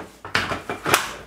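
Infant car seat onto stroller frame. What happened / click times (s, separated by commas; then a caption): The carrier seat latched onto the frame with two clicks / 0.4 s, 0.9 s. A plastic infant car seat is lowered onto the adapters of a teutonia BeYou! Elite 2016 Graphite stroller frame. A soft knock comes first, then sharp plastic clicks at 0.4 s and 0.9 s, with another knock in between. The seat latches and locks onto the frame.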